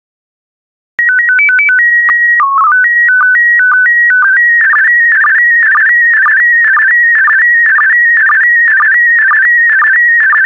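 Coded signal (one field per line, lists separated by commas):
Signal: SSTV (slow-scan television)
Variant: PD 120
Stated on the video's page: PD120-mode SSTV images with Corel stock photos of snakes, lizards and salamanders, generated for daily decoding practice.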